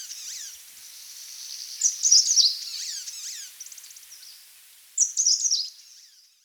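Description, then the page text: Grey-sided bush warbler song: two high, thin, wavering phrases a few seconds apart, over a constant high background hiss. "Grey-Sided Bush Warbler Song. Quick Sounds"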